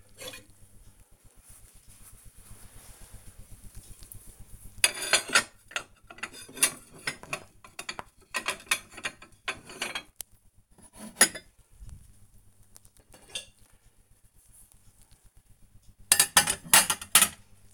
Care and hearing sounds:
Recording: household activities, microphone on the right wrist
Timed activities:
0.00-17.74 s: cleaning out the dishwasher

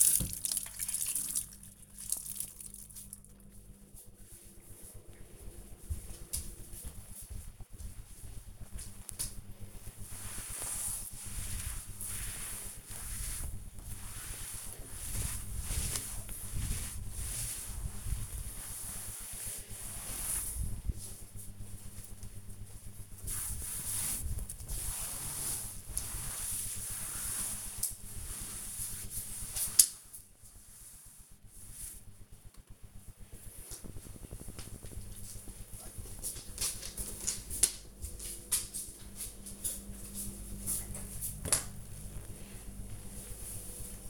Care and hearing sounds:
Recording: household activities, microphone on the right wrist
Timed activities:
0.00-32.50 s: cleaning table

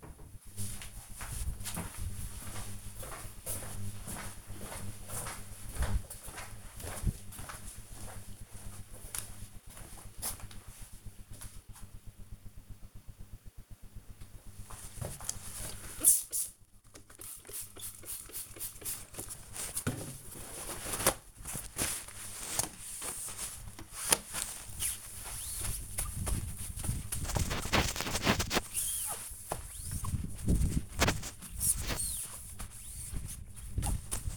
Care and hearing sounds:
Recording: household activities, microphone on the right wrist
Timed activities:
13.45-34.37 s: window cleaning

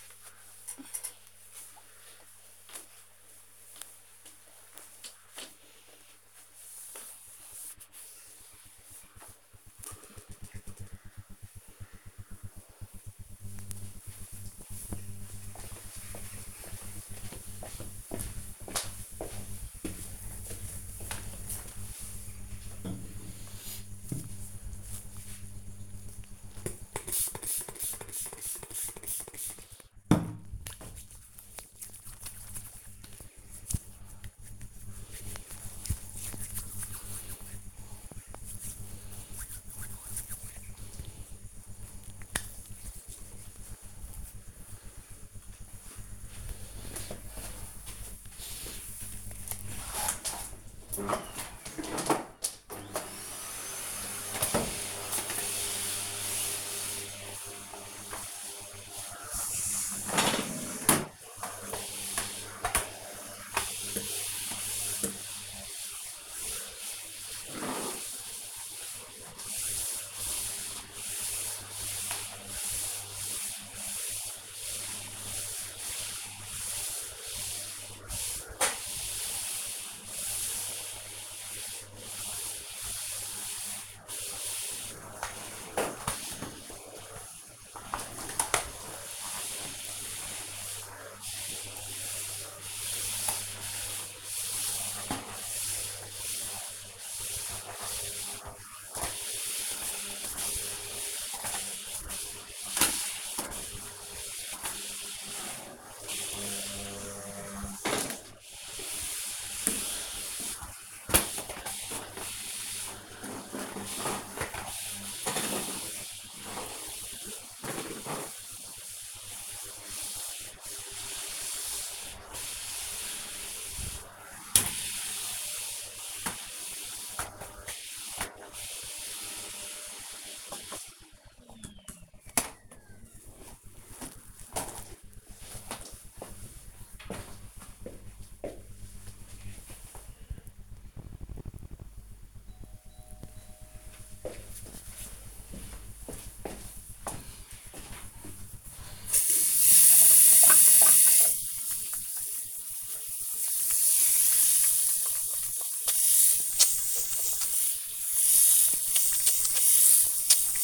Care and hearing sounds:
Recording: household activities, microphone on the right wrist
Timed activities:
0.00-10.44 s: window cleaning
25.56-42.67 s: disinfecting hands
50.73-130.35 s: vacuum cleaning
150.50-160.64 s: washing hands

